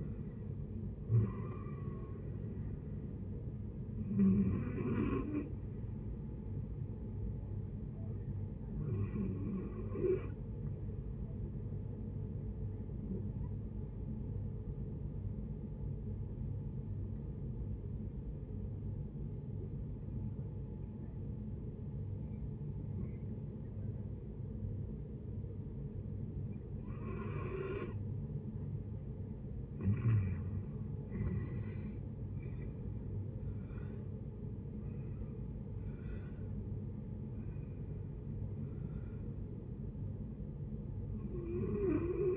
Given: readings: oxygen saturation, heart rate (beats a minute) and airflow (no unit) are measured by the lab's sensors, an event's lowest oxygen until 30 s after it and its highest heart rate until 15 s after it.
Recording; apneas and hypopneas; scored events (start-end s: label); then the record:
breathing in sleep by a smartphone at the bedside; 1
13.00-28.80 s: hypopnea (REM, oxygen 93% highest, then 75% lowest, heart rate 79 at the start, 88 highest)
From the record:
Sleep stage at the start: REM sleep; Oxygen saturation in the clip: 65 to 93%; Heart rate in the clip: 72 to 88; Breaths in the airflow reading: 8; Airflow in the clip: -13.1 to 15.3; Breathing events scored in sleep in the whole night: 496 in 5.4 hours asleep